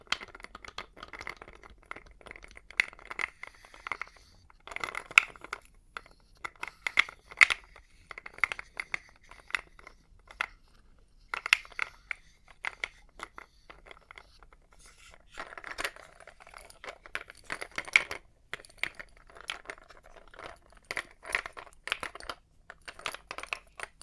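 Test tubes being handled and tapped, making dense clusters of sharp clicks, taps and light clinks that run almost continuously for the whole 24 seconds. The bursts vary in loudness, with brief quieter pauses near 10 and 14 seconds, and a bright glassy ring sits within the tapping.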